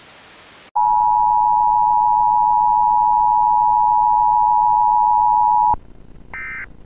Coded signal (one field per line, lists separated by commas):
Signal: Emergency Alert System (SAME) tones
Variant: 853 and 960 Hz attention tone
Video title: the emergency alert system morning doe 445